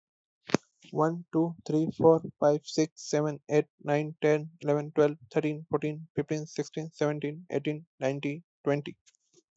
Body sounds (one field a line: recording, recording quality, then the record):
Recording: counting at a fast pace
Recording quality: excellent, no background noise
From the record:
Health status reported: healthy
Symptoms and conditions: none ticked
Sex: male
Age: 32 years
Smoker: not ticked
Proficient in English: yes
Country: India